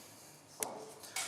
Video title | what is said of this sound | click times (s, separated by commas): INTERNATIONAL ONLINE SEMINAR with Picote! | So, this locks in place | 0.6 s